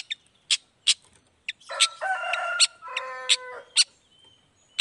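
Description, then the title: Long-tailed shrike song of sharp, high clicking notes spaced irregularly, broken by harsh, nasal, drawn-out calls with layered tones in the middle. Morning song of an actively singing bird with a 'toet toet' variation, played to provoke other shrikes into responding quickly. "Langsung NYAUTTTTT ! Cendet Gacor Dor Di Kala Pagi Toet Toet Variasi Suara J. Cendet Gacor Langsung Nyaut Emosi Hanya dengan Sekali Putar Bikin Cendet Lainya Cepat Respon Bunyi"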